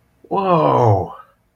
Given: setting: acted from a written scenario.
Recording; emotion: vocal sound without words; positive surprise